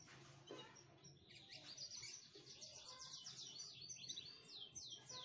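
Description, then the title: Canary song, a fast run of high twittering and trilled notes with sweeping chirps, over a low steady hum. Cengkok mewah singing style. "Cengkok Kenari Mewah. KENARI CENGKOK MEWAH"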